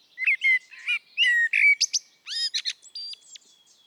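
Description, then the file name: Eurasian blackbird song: low fluted warbling notes followed by quick, squeaky high twitters in several short bursts, with brief pauses between. "Turdus merula"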